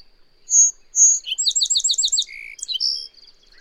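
Bird song: two high clear whistled notes, then a quick trill of about eight buzzy notes, ending in a few varied whistles; a faint steady high tone behind.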